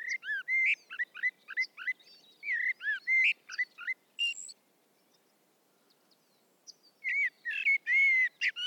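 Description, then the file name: Common blackbird pouring out a fast run of melodious whistled notes, a pause, then another bright warbling phrase. "Turdus merula"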